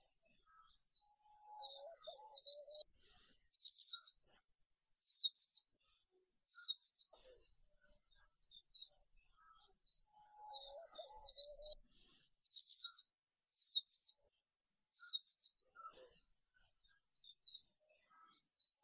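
A red avadavat sings in a steady run of thin, high, bright twittering phrases, each about a second long and repeating every couple of seconds. Twice, around two and eleven seconds, a softer lower warble joins in. The background is silent.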